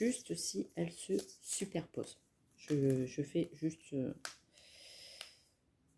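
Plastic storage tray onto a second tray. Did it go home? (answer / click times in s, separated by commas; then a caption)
yes / 5.2 s. A small plastic craft storage tray is stacked onto a second tray to check that they fit together. Someone talks, there is a soft shuffle of the plastic, and then a sharp click at 5.2 s as the tray clips on securely.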